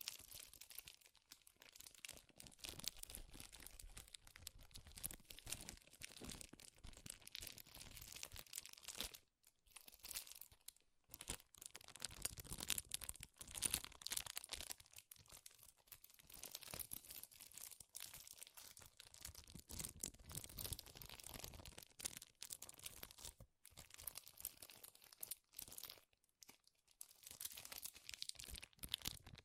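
Forceful crinkling of a stiff material, like plastic or foil being crushed and worked in the hands, runs almost without pause. The crackles are dense and bright with a rough low rustle underneath, broken by brief silences near 9, 11 and 26 seconds.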